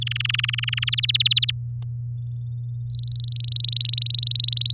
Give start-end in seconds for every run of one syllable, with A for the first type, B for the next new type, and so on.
0.01-0.90 A, 0.92-1.51 B, 2.90-4.72 C